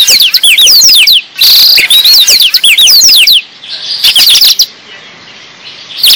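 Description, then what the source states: Black-throated Canary song: rapid bursts of high, sharply slurred whistled notes, broken by pauses, with a quieter stretch near the end. Singing in the lively, nonstop style called gacor.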